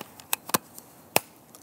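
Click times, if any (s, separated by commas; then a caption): 1.2 s. Someone closes the two-part plastic housing of a SECACAM Pro Plus LTE trail camera, pressing the front cover onto the body and the latch home, as someone talks. A few light taps at about 0.3, 0.5 and 0.6 s lead to a sharp, loud snap at 1.2 s as the latch clicks into place. The housing is shut with the latch seated.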